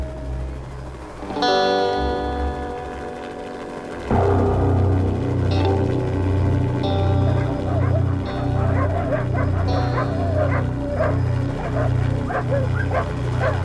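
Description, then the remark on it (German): Dogs bark loudly and repeatedly in a steady, rapid rhythm, mixed with higher yips and whimpers, after a few seconds of a low droning tone. “Die Hunde. Vorsicht, die Hunde.”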